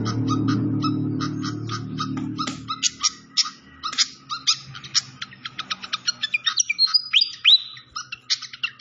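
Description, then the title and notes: Malaysian pied fantail song, a steady stream of short sharp chirps and a few slurred whistles, with a low rumbling noise in the first seconds. Masteran (training recording) of clear-voiced song, mixed with the sound of flowing water. "Masteran Sikatan Kipas Suara Jernih Dan Suara Gemericik Air. Suara Burung Sikatan Londo"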